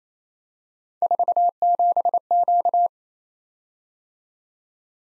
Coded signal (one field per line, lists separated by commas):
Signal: Morse code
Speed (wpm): 29 wpm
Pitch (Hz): 700 Hz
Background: none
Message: 47Q